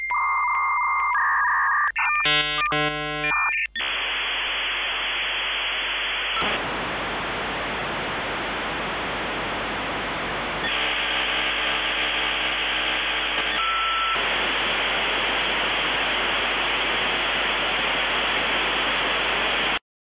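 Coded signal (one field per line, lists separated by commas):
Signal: dial-up modem handshake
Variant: 56k (V.90)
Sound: tone exchanges and warbling pairs, brief chirps, then about 17 seconds of harsh hiss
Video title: 56K Dial-up Modem SOUND EFFECT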